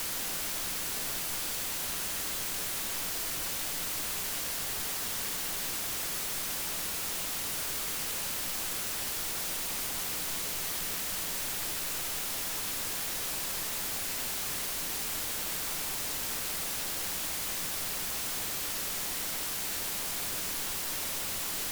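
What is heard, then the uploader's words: Hiss from resistors, a steady, dense rush of noise that holds level for the whole stretch with no events or changes. It has a full, slightly soft character weighted toward the lower range, with a faint low hum line running underneath. As part of an ongoing investigation in to excess noise (also called 1/f noise) from resistors I recorded some data taken with the AP515 and posting it here. All 3 tracks have 80 dB of gain added to them using Audacity. The part being tested is a Yageo RC0603FR-072KL (2K ohm thick film in 0603 SMD package).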